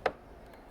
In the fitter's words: and then you'll hear a small click now you're ready to go